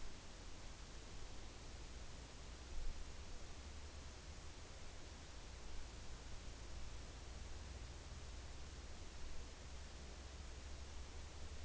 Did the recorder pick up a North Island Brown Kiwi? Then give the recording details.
no. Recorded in New Zealand on 6 June 2014. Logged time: 02:19